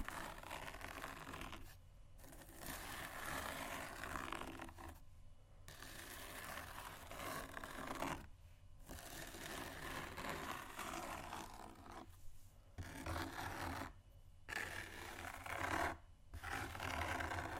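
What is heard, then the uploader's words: Shoes scratch and scuff continuously across a hard surface, a dense, gritty rasping that fills the mids and highs. Short pauses break the scraping roughly every two seconds, near 2, 5, 8.5, 12.5, 14 and 16 seconds, while a low steady hum runs underneath. ASMR Shoes Scratching & Tapping（No Talking）.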